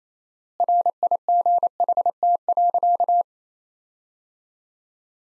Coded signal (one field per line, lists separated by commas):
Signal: Morse code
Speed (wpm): 28 wpm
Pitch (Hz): 700 Hz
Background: none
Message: RIGHT.